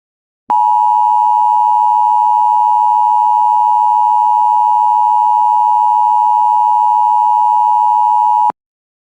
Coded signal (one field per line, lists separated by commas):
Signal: Emergency Alert System (SAME) tones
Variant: 853 and 960 Hz attention tone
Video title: EAS #235-238 Mayland Required Weekly Test And 3 Severe Thunderstorm Warnings On WJON-IP